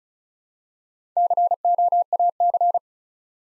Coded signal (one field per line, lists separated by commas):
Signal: Morse code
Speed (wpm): 36 wpm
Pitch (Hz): 700 Hz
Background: none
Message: COAC